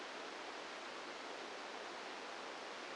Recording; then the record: brain microelectrode recording played as sound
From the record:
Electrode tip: outside the subthalamic nucleus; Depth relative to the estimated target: 3 mm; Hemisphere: right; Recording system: NeuroSet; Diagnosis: Parkinson's disease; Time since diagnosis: 9 years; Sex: female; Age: 51 years